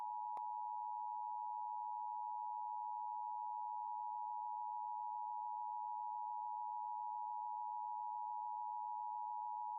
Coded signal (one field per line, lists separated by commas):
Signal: Emergency Alert System (SAME) tones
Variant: 853 and 960 Hz attention tone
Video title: LIVE AM/MW DX: DX Central Live - S. 4, Ep. 7 | Friday, February 23, 2024